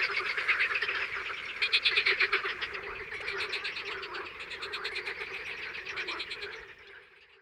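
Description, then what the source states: Frogs and toads: frogs calling in a dense chorus, overlapping rapid croaks and rattling notes pulsing several times a second, loudest early on and fading out near the end. Frogs and toads calling in the morning.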